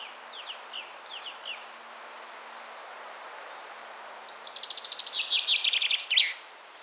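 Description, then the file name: Common chaffinch song: a few soft chirps, then a series of bright notes that descend and end in a quick flourish. "Fringilla coelebs"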